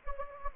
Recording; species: mosquito wingbeat signal from an infrared sensor; Anopheles gambiae